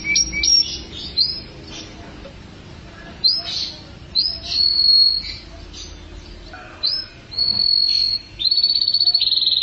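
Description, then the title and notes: Canary song: clusters of high chirps and slurred notes, then extended trilled phrases held for a second or more, over faint low hum. "Suara Burung Kenari"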